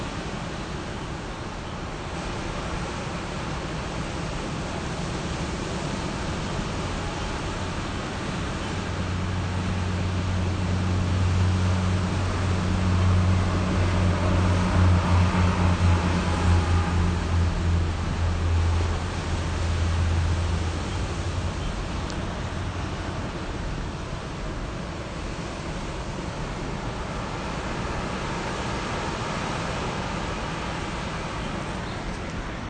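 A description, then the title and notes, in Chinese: Steady surf washes at a seaside station while a train passes, its low engine hum swelling from about 8 to 22 seconds, then fading. 多良車站 海聲中有火車。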